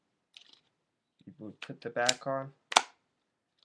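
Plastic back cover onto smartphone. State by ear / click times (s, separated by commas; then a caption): seated / 2.7 s, 2.8 s. A plastic back cover is pressed onto an HTC EVO 3D smartphone while someone talks. A loud double snap is heard at 2.7 and 2.8 seconds as the cover seats in place.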